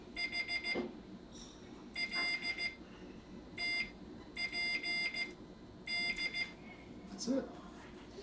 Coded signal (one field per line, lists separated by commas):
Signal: Morse code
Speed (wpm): 15 wpm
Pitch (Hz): 2100 Hz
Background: speech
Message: H L TPD